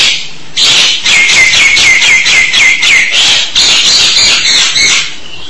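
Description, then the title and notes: Starling delivering a quick series of short, downslurred whistles over hissy chatter, then a burst of raspy notes. "suara burung jalak"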